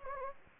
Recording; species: mosquito wingbeat signal from an infrared sensor; Anopheles gambiae